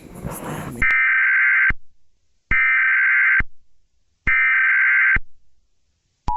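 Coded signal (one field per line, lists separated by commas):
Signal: Emergency Alert System (SAME) tones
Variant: header bursts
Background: speech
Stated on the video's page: Fictional EAS scenario about a school shutdown.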